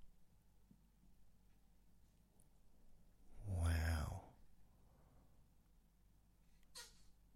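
A single brief, sharp burst of air from Andre the cat, a little, weird sneeze, against a quiet indoor background.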